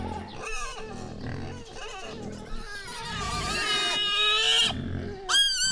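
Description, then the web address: Wild boar squealing loudly, shrill harmonic cries rising and bending in repeated bursts over low grunts, ending with a sudden piercing squeal. Captive wild boar squealing, recorded at a zoo in Jászberény in 2015. "jaszberenyizoo. vaddiszno visitasis"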